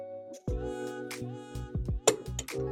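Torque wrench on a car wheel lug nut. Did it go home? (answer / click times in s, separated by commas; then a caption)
yes / 2.1 s. A torque wrench set to 85 ft-lb, above the 80 ft-lb recommended for Honda and Acura, is pulled on a 19 mm wheel lug nut of a car over a steady tonal, music-like background with a few soft knocks. At 2.1 s the wrench gives a single sharp, loud click, showing the lug nut has reached its set torque.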